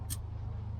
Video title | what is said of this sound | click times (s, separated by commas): F Series Rear Seat Release Kit – BuiltRight Industries | it just snaps into place like so. | 0.1 s